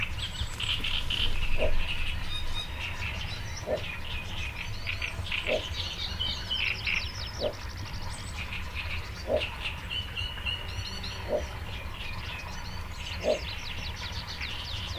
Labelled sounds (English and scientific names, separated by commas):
Little Bittern (Ixobrychus minutus)